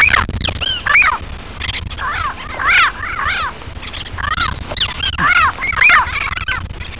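Bird calls: loud arched, harmonic notes that rise then fall, given in quick overlapping bursts, some paired, with short pauses and low rumbling noise beneath.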